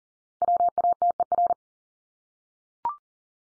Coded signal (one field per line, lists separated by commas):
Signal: Morse code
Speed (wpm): 40 wpm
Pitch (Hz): 700 Hz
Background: none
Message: WATER